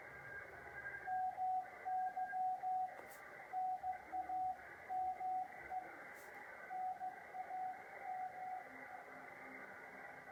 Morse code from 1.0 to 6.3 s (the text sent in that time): MY NAME